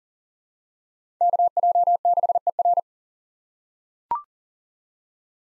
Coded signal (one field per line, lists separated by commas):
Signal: Morse code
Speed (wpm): 40 wpm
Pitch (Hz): 700 Hz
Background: none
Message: KJ6ER